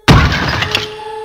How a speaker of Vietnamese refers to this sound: Lý Ẩn nhặt một cái ngăn kéo trên mặt đất, bỗng nhiên gào thét rồi hung hăng nện vào vách tường.